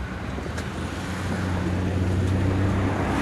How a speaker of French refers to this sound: Là, on est au bord de l'Ourcq, du canal de l'Ourcq.